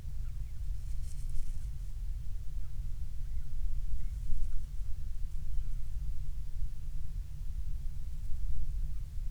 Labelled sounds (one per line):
bird